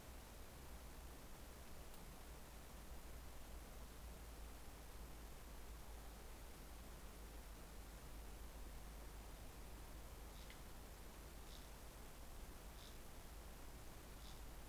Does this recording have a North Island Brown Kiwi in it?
no